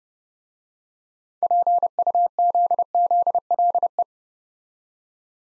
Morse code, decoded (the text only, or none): PUZZLE